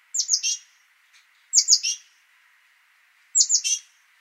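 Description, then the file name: Great tit calls: three phrases of high descending notes ending in a buzzy chatter, spaced about one and a half seconds apart. "Parus major"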